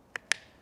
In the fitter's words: You hear it snap clip.